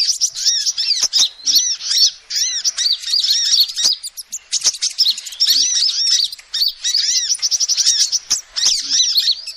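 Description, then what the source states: Lovebird chatter of shrill squeaky chirps and twitters in rapid bursts, with brief pauses and scattered clicks. Lovebird call used as a lure to trap birds.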